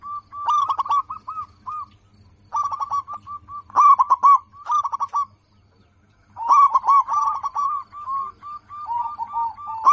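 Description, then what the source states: Zebra dove singing rolling series of clipped cooing notes, louder bursts alternating with softer even runs, one brief pause midway, low hum in the background. Local zebra dove, a lively, in-form singer with a clear, crystal-like loud voice.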